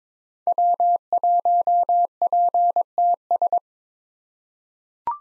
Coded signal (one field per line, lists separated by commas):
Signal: Morse code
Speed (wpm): 22 wpm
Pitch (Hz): 700 Hz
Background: none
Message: W1PTS